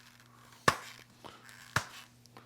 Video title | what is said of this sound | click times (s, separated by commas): Accessorize Your Milwaukee Hard Hat- The BOLT Safety Gear You Need To Know About! | You actually have to push them a little bit hard with a little bit of force, and then they do that positive click sound. | 0.7 s, 1.8 s